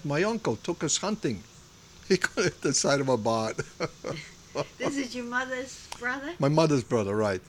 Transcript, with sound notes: That my uncle took us hunting. He couldn't hit the side of a barn. ( he laughs )
Is it your mother's brother?
My mother's brother, right.